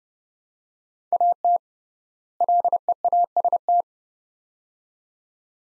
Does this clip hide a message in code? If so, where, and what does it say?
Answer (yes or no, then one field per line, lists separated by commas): yes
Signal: Morse code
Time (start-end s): 1.1-3.8 s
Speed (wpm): 31 wpm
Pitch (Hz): 700 Hz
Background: none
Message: AT LEAST